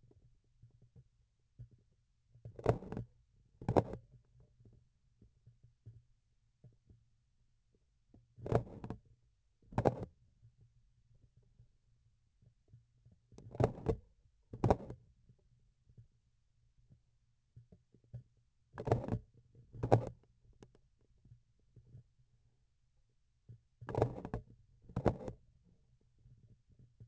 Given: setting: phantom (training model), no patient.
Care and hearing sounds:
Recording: laparoscopic instrument, vibration sensor on the handle end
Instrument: grasping forceps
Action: opening and closing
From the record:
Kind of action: tool actuation without material contact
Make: other than Olympus

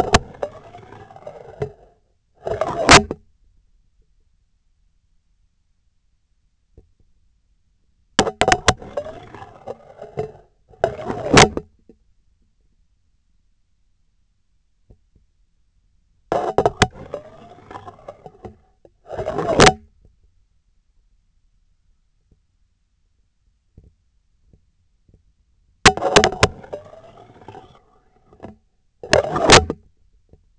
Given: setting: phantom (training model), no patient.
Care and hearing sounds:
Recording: laparoscopic instrument, vibration sensor on the handle end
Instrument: scissors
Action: insertion and removal through the trocar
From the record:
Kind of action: spatial motion

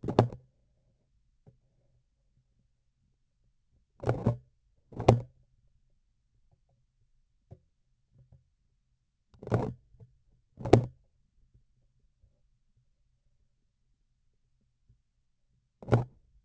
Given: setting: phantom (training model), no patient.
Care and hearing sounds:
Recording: laparoscopic instrument, vibration sensor on the handle end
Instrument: grasping forceps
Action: opening and closing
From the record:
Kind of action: tool actuation without material contact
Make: other than Olympus

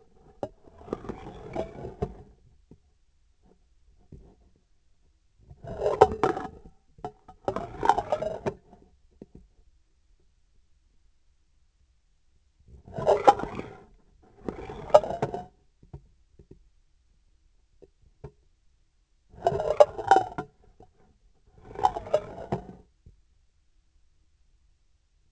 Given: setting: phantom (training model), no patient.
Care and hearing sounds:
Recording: laparoscopic instrument, vibration sensor on the handle end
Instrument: scissors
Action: approaching and retracting movements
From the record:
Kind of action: spatial motion

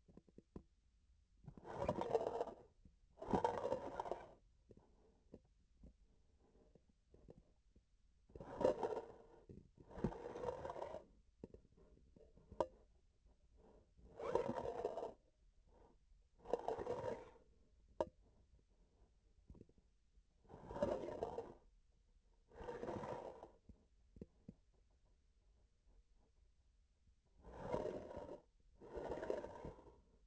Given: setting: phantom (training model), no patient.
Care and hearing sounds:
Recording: laparoscopic instrument, vibration sensor on the handle end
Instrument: grasping forceps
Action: approaching and retracting movements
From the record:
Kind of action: spatial motion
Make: other than Olympus

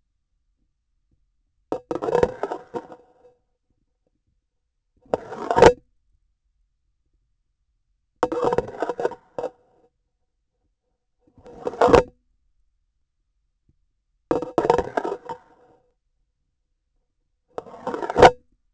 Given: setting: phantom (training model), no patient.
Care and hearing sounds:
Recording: laparoscopic instrument, vibration sensor on the handle end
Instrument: grasping forceps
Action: insertion and removal through the trocar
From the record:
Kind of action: spatial motion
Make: Olympus

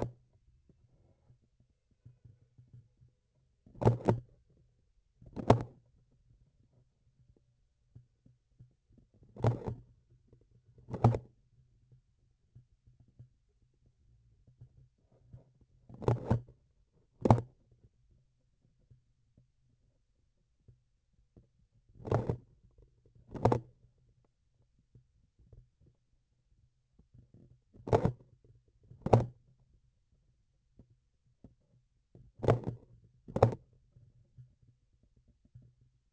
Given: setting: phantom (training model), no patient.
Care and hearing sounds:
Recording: laparoscopic instrument, vibration sensor on the handle end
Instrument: grasping forceps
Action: opening and closing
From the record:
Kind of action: tool actuation without material contact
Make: other than Olympus

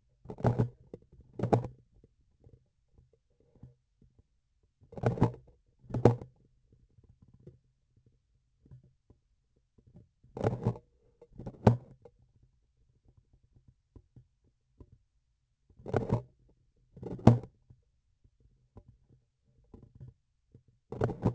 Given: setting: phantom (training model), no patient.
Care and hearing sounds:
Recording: laparoscopic instrument, vibration sensor on the handle end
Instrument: grasping forceps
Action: opening and closing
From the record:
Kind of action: tool actuation without material contact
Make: other than Olympus

